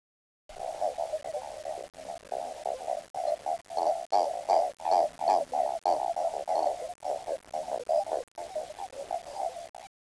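Frog calls in a dense, steady run of short croaking bursts, roughly three per second, with brief gaps.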